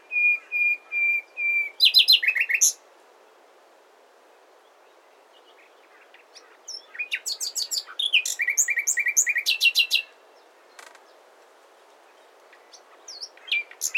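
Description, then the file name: Common nightingale song: four pure whistles and fast repeated notes, a pause, then a rapid series of rich repeated notes and buzzy elements. "Luscinia megarhynchos"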